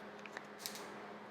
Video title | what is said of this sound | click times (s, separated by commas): Ryobi ONE+ HP 18V Brushless Cordless Compact 1/2 in. Drill and Impact Driver Kit - PSBCK01K Opening! | go yeah three three clicks i believe | 0.3 s, 0.4 s, 0.7 s